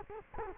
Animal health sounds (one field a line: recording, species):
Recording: mosquito wingbeat signal from an infrared sensor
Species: Culex quinquefasciatus